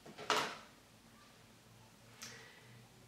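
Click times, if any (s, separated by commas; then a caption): 0.3 s, 2.2 s. A weft of clip-in hair extensions is placed at the nape, and its small metal snap clips are pressed shut onto the natural hair. A sharp snap sounds at 0.3 s, with a fainter one at 2.2 s, and the clips seat closed.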